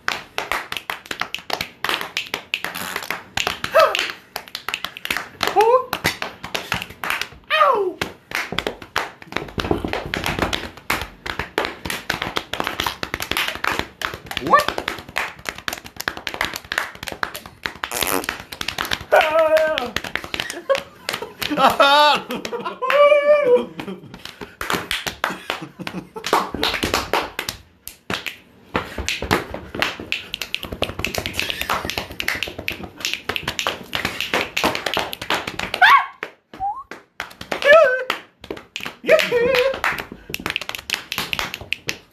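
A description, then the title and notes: Claps, snaps and assorted noises fill the whole clip in a dense, busy stream of sharp clicks and slaps, irregular rather than a steady beat. Short voice-like sounds with rising and falling pitch cut in around 20–24 seconds and again near 37 seconds. Musical/rhythmic noises featuring claps, snaps, and various other noises.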